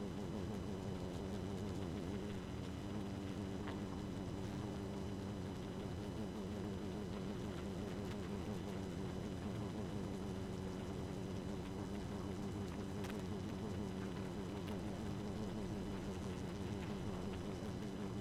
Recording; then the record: honeybee colony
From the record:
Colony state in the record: active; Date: 12 June 2018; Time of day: 1:44